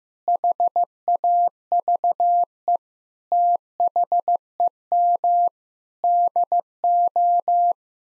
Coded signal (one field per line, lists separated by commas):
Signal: Morse code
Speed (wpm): 16 wpm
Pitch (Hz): 700 Hz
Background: none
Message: HAVE THEM DO